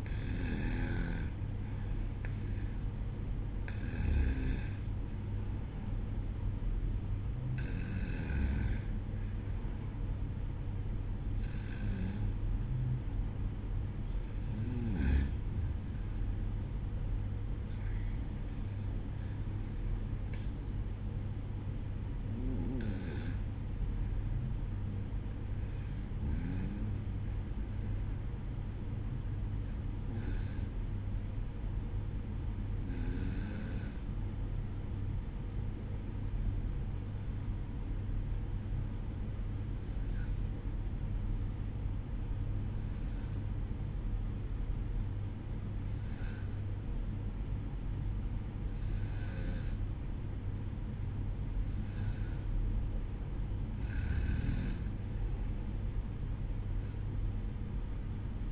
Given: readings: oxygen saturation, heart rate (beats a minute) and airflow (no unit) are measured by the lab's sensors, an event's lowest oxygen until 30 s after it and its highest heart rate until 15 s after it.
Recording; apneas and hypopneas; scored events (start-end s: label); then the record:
breathing in sleep by a smartphone at the bedside; 1
39.00-54.30 s: obstructive apnea (N2, oxygen 95% highest, then 90% lowest, heart rate 61 at the start, 68 highest)
From the record:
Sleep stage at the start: N2 (light sleep); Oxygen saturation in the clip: 91 to 95%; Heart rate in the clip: 61 to 67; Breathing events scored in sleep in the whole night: 305 in 9.6 hours asleep